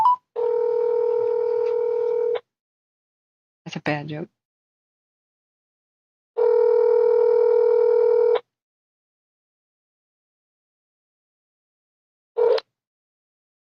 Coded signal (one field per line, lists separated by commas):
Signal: telephone call progress tone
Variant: North America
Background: speech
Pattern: ringback tone